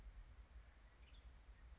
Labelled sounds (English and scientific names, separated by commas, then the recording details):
Western Tanager (Piranga ludoviciana)
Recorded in Sonoma County, California